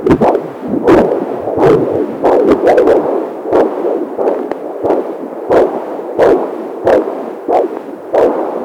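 Soft repeated thumping pulses at roughly 90 a minute, slightly uneven, over a steady whooshing background. These are the heartbeats of a mother and her unborn baby, layered together.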